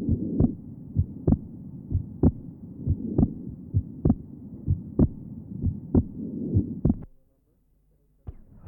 Patient is perfectly normal. Recording taken at pulmonary area. Normal splitting of the second heart sound.